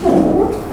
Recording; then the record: squeal of a Yucatan mini pig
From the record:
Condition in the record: after surgery on the right vocal fold (resection and tissue-engineered implant); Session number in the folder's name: 7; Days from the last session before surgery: 47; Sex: female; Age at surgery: 19 weeks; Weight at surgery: 25 kg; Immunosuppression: prednisolone